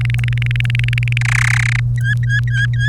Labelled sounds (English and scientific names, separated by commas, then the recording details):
Domestic Canary (Serinus canaria) song
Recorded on 30 April 2018 at 16:18
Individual llb3